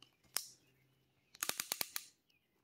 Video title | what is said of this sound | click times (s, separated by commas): How To Install A Garage Door Opener Button | okay but when i tighten it up it does this look | 0.4 s, 1.4 s, 1.5 s, 1.6 s, 1.7 s, 1.8 s